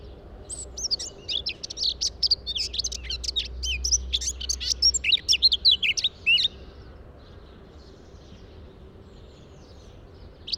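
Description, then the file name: Eurasian blackcap song, a fast scratchy warble with louder notes before it stops abruptly, followed by quiet. "Sylvia atricapilla"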